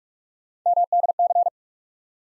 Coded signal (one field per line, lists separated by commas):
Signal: Morse code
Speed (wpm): 42 wpm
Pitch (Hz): 700 Hz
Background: none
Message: MDC